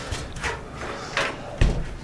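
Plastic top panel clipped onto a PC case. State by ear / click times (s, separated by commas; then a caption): released / 1.2 s, 1.6 s. The snap-fit plastic top cover of a budget PC case is pulled off to expose the upper fan mounts. A short pop at 1.2 s and a sharp click at 1.6 s are heard as the panel releases from the case.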